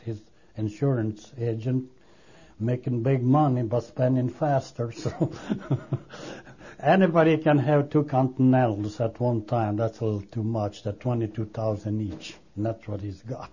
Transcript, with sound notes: He's an insurance agent, making big money but spending faster, so. (he laughs) Anybody that can have two Continentals at one time, that's a little too much. They're twenty-two thousand dollars each, and that's what he's got.